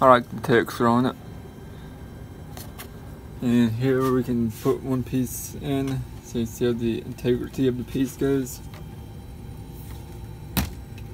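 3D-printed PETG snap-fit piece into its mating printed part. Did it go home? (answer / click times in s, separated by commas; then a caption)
yes / 10.6 s. A 3D-printed snap-fit piece made of PETG is pushed into its mating printed part while someone talks. A single sharp snap at 10.6 seconds marks the piece seating into place.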